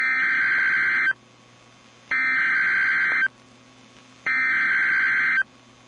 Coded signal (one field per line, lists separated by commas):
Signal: Emergency Alert System (SAME) tones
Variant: header bursts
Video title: [EAS] FLASH FLOOD EMERGENCY for Baltimore, Maryland! (9/13/23)